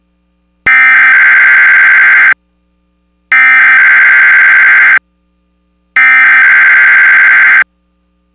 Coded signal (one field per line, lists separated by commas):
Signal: Emergency Alert System (SAME) tones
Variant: header bursts